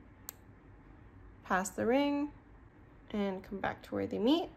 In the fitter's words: and you want to hear the clicking noise as you pass the two